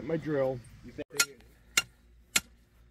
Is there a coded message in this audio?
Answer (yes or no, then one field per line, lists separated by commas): no